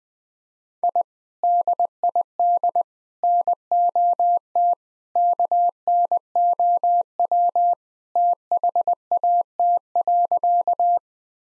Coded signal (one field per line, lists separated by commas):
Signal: Morse code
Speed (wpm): 21 wpm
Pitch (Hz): 700 Hz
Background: none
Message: I DID NOT KNOW THAT.